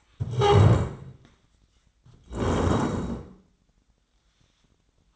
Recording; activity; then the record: daily activity, microphone in the room; stand up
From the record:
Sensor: 3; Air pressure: 1012.2 hPa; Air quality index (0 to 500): 171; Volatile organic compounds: 2 ppm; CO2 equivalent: 1314 ppm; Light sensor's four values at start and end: 95/216/101/114 and 64/157/71/76